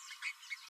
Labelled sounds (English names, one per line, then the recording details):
Green-rumped Parrotlet babbling
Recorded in a nest box in Venezuela
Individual 18B12A3